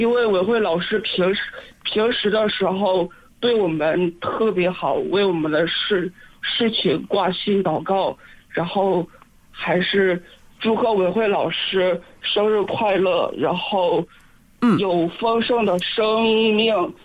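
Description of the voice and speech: An adult man calling in to a radio program speaks Mandarin over a phone line with a word restarted ('ping-shi… ping-shi'), several drawn-out syllables and uneven pauses, though most phrases flow. These are mild stuttering disfluencies: repetitions and prolongations that interrupt otherwise steady speech. He has a stuttering disorder and cannot get words out when asked something.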